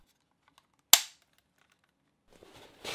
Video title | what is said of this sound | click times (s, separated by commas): CREATE EASY 3D MODELS! with CREALITY CR LIZARD 3D SCANNER | there are various Outlet adapters for the power supply and these attach and click into place | 0.9 s